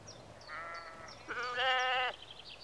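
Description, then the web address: Sheep bleating, a faint bleat then a louder harmonic one, with small birds chirping in the background. Sheep in a rural exterior atmosphere, early evening, recorded mid close. "BBC Sound Effects Library BBC 52-Exterior Atmospheres-Rural Backg 10 Sheep Early Evening-Mid Close"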